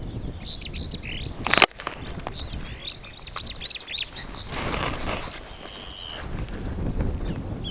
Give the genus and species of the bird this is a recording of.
Lamprotornis superbus